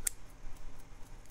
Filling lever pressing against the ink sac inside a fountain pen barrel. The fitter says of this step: Der Hebel funktioniert ziemlich gut. Sie können spüren, wie er diesen Sack einrastet